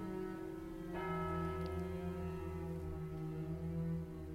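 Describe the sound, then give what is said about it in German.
A tower clock bell close by strikes the hour, one stroke with a deep, heavy tone, its rich overtones swelling and then fading into a long, low humming resonance with no voices present. “Da, ganz in der Nähe, schlug eine Turmuhr.”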